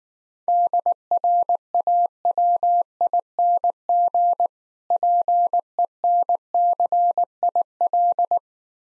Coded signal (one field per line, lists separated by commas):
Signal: Morse code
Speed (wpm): 19 wpm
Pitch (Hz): 700 Hz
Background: none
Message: DRAWING PENCIL